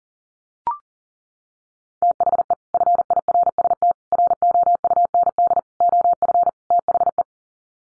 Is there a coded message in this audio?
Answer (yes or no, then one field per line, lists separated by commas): yes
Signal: Morse code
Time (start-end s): 2.0-7.2 s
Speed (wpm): 40 wpm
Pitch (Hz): 700 Hz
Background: none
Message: THE FIRST ROUND OF THE